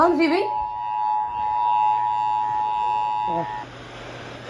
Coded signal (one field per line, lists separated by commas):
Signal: Emergency Alert System (SAME) tones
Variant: 853 and 960 Hz attention tone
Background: speech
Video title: ￼Severe Thunderstorm Watch EAS 895